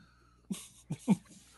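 Three short, forceful coughs in quick succession, against a quiet background.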